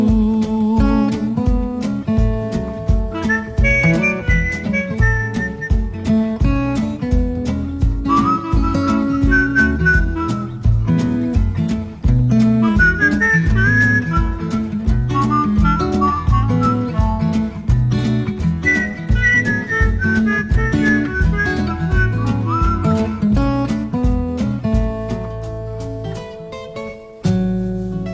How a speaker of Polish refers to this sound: Pozytywnie śpiewał i troszkę gwizdał